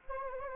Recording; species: mosquito wingbeat signal from an infrared sensor; Anopheles arabiensis